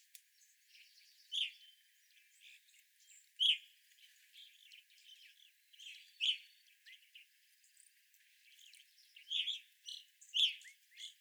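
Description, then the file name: Evening grosbeak calls, sharp chirps at irregular intervals, with faint twittering behind. Several evening grosbeaks, recorded on 25 April 2021. "2021-04-25 Evening Grosbeaks"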